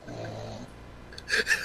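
A low, buzzing rumble lasting just over half a second, with a fluttering quality typical of an inspiratory snore from an adult asleep nearby. Brief louder bursts of room noise follow.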